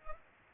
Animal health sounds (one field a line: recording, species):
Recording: mosquito wingbeat signal from an infrared sensor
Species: Culex pipiens